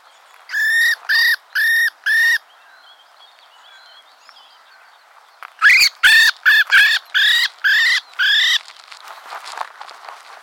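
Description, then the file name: Common blackbird calls: four harsh nasal notes, a quiet pause, then seven more in a quick series, fading into faint background sounds. "Turdus merula"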